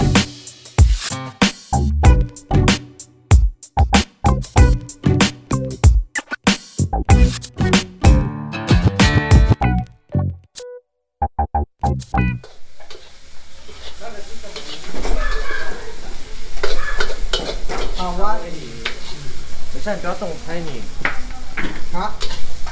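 New Year's Eve cooking: a wok of rice cakes and cured pork is stirred and scraped, with sharp, irregular clanks and hissing sizzle for the first ten seconds. After a short near-silence, a steadier murmur of family voices and chatter continues to the end.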